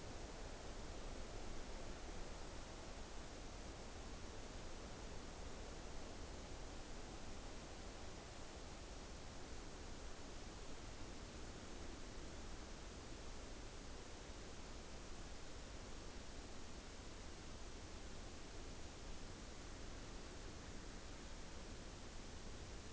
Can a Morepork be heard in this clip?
no